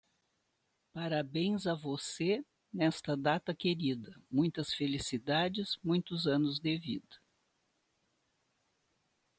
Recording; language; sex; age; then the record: short text; Brazilian Portuguese; female; 70 to 79 years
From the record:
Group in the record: control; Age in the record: 74 years